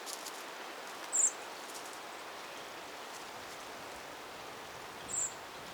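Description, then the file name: Eurasian blackbird calling twice, each a thin high seep about four seconds apart, amid soft steady noise. "Turdus merula"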